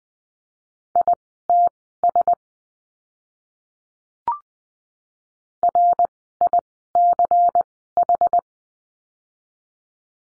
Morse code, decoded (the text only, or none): ITS RICH